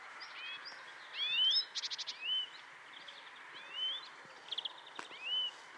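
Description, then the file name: European greenfinch calls: upward-sliding whistled notes at uneven intervals, broken by quick buzzy rattles and a few chirps, with a soft hiss underneath. "Chloris chloris"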